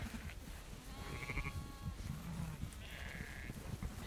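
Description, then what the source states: Sheep bleating: two nasal, wavering bleats from the herd, with a steady low rumble and shuffling throughout. Herd of sheep walking close, bleating.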